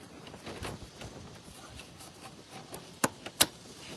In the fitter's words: And we heard a click.